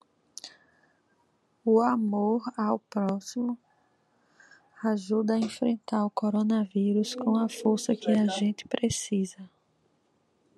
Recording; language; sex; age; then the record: spoken sentence; Brazilian Portuguese; female; 30 to 39 years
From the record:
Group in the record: control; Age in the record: 32 years